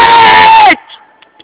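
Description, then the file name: Pig giving one loud, harsh squeal lasting under a second that ends abruptly, followed by faint, quiet sounds. Sow. "TRUIE VIOLETTE"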